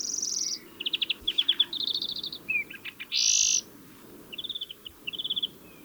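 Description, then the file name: European greenfinch song: a sequence of quick trills and twitters with a drawn-out nasal wheeze, then more short trilled phrases. "Chloris chloris"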